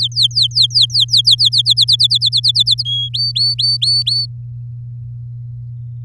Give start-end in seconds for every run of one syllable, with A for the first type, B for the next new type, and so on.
0.00-1.62 A, 1.65-2.83 B, 2.85-3.09 C, 3.13-4.26 D